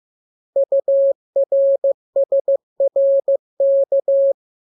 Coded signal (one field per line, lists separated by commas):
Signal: Morse code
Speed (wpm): 15 wpm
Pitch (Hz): 550 Hz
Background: none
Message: URSRK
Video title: Learning Morse Code. Lesson 6. Letter KMURES N